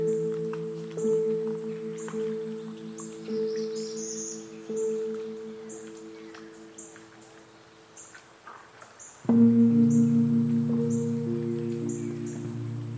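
Lettuce Lakes swamp ambience of low, steady humming tones with soft regular pulses and faint high ticks, jumping louder with a new drone around nine seconds.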